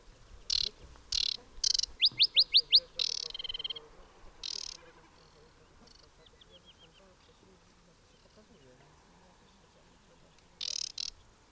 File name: aquatic warbler